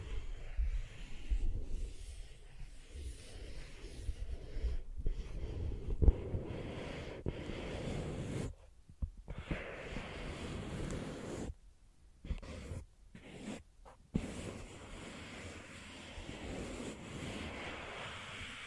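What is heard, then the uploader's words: Soft, sensitive tracing fills the clip as a dense, steady rustle and brushing, heaviest in the low and middle range with a faint airy hiss above. The sound cuts out abruptly several times, near nine seconds and again around twelve to fourteen seconds, before resuming. ASMR Sensitive Tracing (No Talking).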